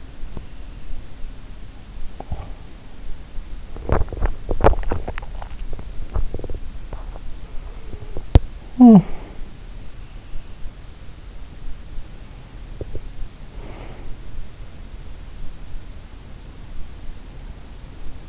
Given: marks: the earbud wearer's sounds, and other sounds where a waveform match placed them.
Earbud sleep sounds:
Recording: sounds in sleep by an in-ear microphone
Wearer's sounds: teeth grinding, talking in sleep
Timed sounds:
3.57-8.35 s: teeth grinding
8.35-9.13 s: talking in sleep

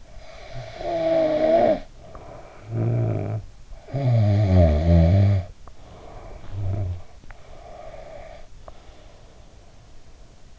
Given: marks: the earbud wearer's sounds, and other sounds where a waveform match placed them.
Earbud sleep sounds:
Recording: sounds in sleep by an in-ear microphone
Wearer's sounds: snoring breath, breath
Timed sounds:
0.00-3.48 s: snoring breath
3.74-7.21 s: snoring breath
7.27-10.59 s: breath

